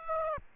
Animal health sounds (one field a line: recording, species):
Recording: mosquito wingbeat signal from an infrared sensor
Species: Aedes aegypti